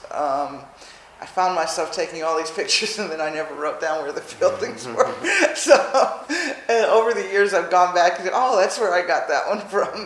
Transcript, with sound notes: I found myself taking all these pictures and then I never wrote down where the buildings were. [laughs] So over the years I’ve gone back and said, “Oh, that’s where I got that one from.”